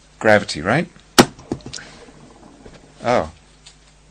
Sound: sound of the thingy dropping

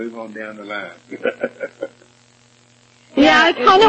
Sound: chuckles

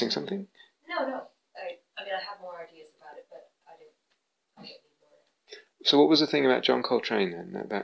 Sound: none

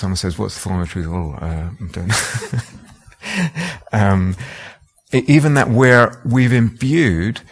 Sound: laughs

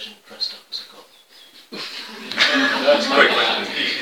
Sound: laughter

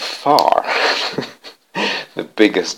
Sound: laughs

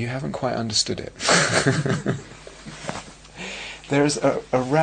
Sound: laughter

